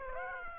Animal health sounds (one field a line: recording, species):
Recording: mosquito wingbeat signal from an infrared sensor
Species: Aedes aegypti